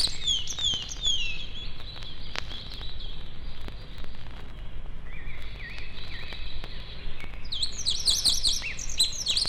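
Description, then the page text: Songbird song, bursts of fast high twittering at the start and again near the end, softer chirps between, over a continuous low rumble of traffic. Forest songbirds recorded close to a highway. "Лесные певчие птицы - Nature, близко трасса"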